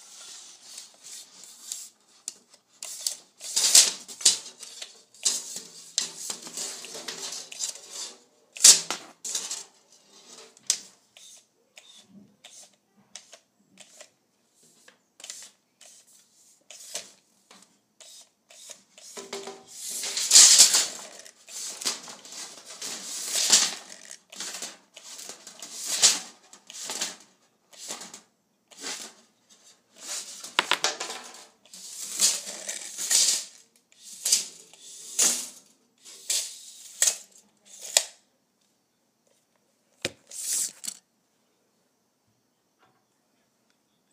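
A tape measure is pulled out and handled, making bursts of bright rasping and clicking that come and go irregularly over about forty seconds. Sharp snaps land near 9 and 20 seconds, and the sounds stop shortly after 40 seconds.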